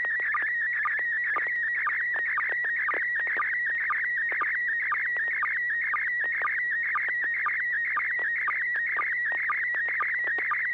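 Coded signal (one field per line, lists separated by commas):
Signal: SSTV (slow-scan television)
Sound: warbling, buzzy tone around 2 kHz with rapid regular clicks, like a chirping whine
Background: low hum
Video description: River City ARCS SSTV Net 9 pm Wednesdays Pacific Time on N6NA FM repeater 441.30 MHz, Sacramento, CA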